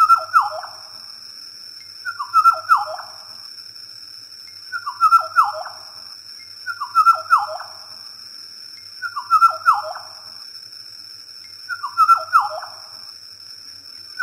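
Bird singing a short phrase of stepped, descending whistles, repeated several times, with a constant high-pitched tone behind it.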